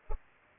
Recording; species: mosquito wingbeat signal from an infrared sensor; Culex pipiens